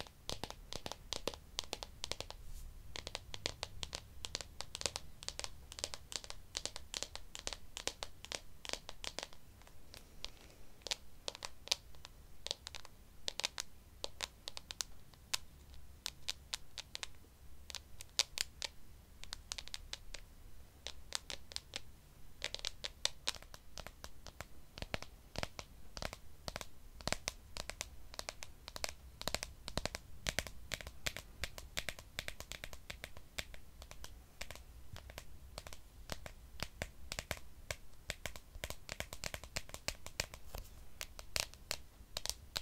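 Tapping for tingles: rapid, dense clicks and taps fill the whole 43 seconds, crisp and bright, coming in quick irregular bursts with no real pauses. A soft low rumble sits underneath, and some taps have a crinkly, papery edge.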